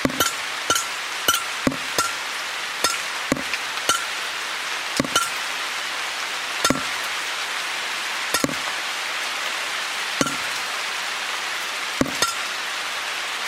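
Water from a roof leak drips onto a plate in sharp, bright taps, irregularly spaced about once a second, over a steady hiss of rain.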